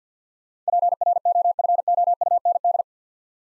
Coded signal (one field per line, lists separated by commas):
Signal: Morse code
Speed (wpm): 47 wpm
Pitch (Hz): 700 Hz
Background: none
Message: PROFOUND